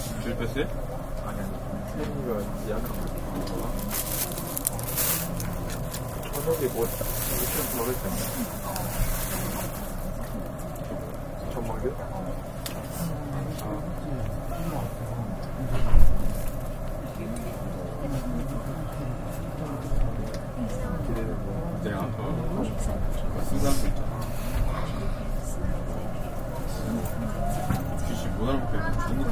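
A train ride between Rinku Town and Namba: a steady, low rumbling drone runs throughout, with a constant hum beneath it. Voices murmur over the noise, a brighter hiss swells around 5 to 10 seconds, and a sharp bump lands near 16 seconds.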